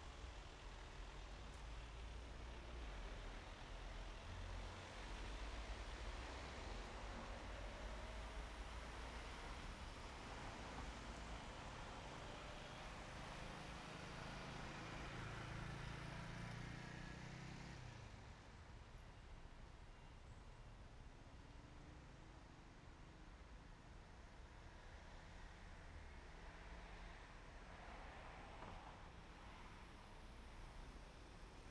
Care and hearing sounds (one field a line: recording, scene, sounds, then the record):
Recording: everyday scene through a hearing-aid microphone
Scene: in traffic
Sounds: traffic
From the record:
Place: main road on the outskirts, rush hour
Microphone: behind the ear, right, front